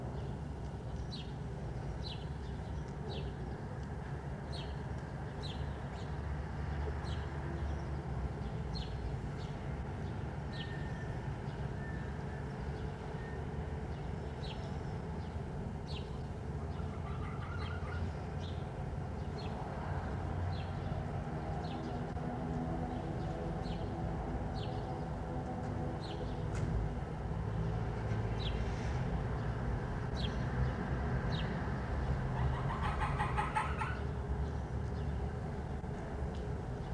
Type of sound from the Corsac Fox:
barking